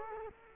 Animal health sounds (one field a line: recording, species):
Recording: mosquito wingbeat signal from an infrared sensor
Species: Culex quinquefasciatus